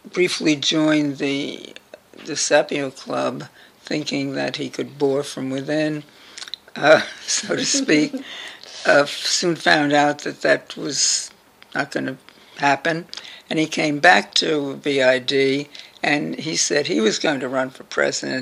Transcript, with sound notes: briefly joined the DeSapio club thinking that he could bore from within, so to speak,, [laughter] soon found out that that was not going to happen, and he came back to VID, and he said he was going to run for president.